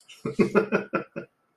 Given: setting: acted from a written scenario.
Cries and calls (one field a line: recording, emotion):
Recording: vocal sound without words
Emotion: amusement